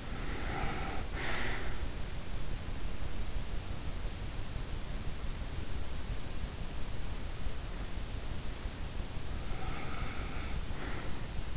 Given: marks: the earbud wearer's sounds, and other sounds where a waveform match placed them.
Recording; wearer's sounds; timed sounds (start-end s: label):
sounds in sleep by an in-ear microphone; breath
0.00-2.00 s: breath
9.24-11.57 s: breath